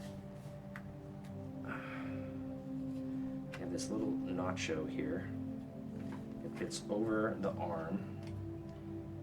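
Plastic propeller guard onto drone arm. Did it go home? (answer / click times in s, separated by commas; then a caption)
no / none. A small plastic propeller guard is handled and fitted over the folding arm of a DJI Mavic Pro drone while someone talks over a steady hum with tonal bands and a few faint ticks. Nothing has seated or clicked yet by the end of the clip.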